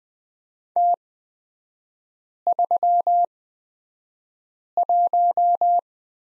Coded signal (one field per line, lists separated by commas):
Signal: Morse code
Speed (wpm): 20 wpm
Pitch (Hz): 700 Hz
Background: none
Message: T31